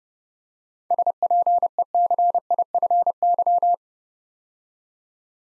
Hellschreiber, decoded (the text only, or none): none